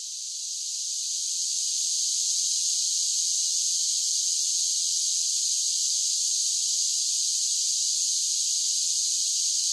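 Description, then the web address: Cicada chorus: a dense, continuous, high-pitched buzz that swells in over the first two seconds, then holds at an even level. Large groups of cicadas singing. "Blast Wave Update 1 Cicadas Sing"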